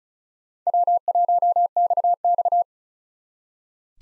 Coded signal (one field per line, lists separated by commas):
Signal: Morse code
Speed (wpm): 47 wpm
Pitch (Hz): 700 Hz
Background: none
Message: W1XX